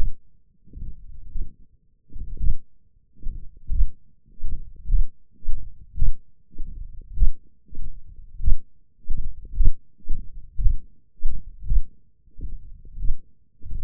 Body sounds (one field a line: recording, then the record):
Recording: forearm muscle sounds (acoustic myography)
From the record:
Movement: tripod grip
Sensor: system 1, eight BSWA MPA416 microphones around the upper forearm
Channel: 5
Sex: male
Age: 21 years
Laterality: right